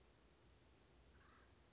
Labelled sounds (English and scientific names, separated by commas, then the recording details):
Acorn Woodpecker (Melanerpes formicivorus)
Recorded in Sonoma County, California